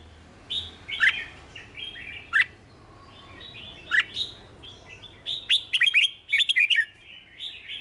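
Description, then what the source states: Red-whiskered bulbul song of scattered lively whistled phrases and downward swoops, ending in a dense flurry of sharp notes. Song described as 'hót chè'.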